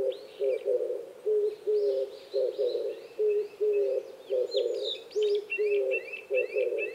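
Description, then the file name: Oriental turtle dove song: gruff, low cooing notes in repeating grouped phrases, while small birds twitter higher above. Recorded 26 April 2010 at 05:29. "kijibato-20100426-0529"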